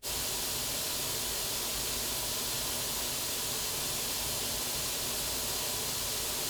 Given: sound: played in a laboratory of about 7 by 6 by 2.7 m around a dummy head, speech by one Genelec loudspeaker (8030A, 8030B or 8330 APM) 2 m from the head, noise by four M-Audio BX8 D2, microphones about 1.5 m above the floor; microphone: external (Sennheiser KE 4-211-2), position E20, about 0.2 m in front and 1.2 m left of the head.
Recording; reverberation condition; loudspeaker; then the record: white noise; low; four, about 170 cm from the corners of the room and facing them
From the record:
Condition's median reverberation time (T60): about 310 ms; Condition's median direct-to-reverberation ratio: about 3.5 dB